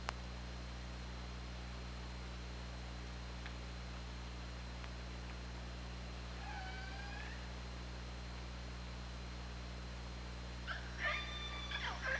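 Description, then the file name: Killer whale calls: one descending harmonic call midway, then a louder, buzzy pulsed call with stacked tones near the close, all over constant low hum. Recorded on the OrcaLab hydrophone, 24 August 2017, 21:36:46. "Orca Lab UTLN JASON 20170824 213646"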